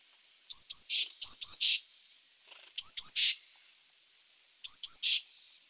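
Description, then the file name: Eurasian blue tit calls: quick high chips, some doubled, each run closing in a rasping buzz, repeated four times at irregular intervals. "Cyanistes caeruleus"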